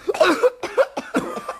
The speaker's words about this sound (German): Wenn du so einen komischen Husten hast, komm vielleicht an die Luft.